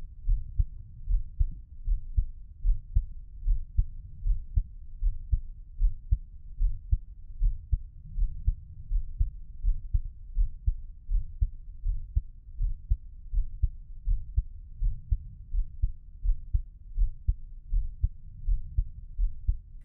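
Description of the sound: A normal adult heartbeat, low-pitched and steady, heard up close through a 3Dio binaural microphone, with no talking.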